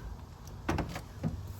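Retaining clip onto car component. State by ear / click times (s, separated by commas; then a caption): seated / 0.7 s. A retaining clip is pushed back by hand onto a car component in the engine bay during electrical work. A sharp click lands at 0.7 s, followed by a few lighter knocks and rattles, and the clip is confirmed seated.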